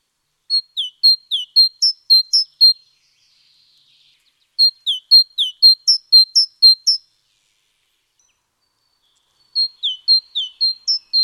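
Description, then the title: Great tit song repeated in three bursts, each a rapid chain of sharp, see-sawing whistled notes, separated by silences of a few seconds, with a faint twitter after the first. Nominate subspecies Parus major major. "G3latik b4t0. Great Tit (Parus major major)"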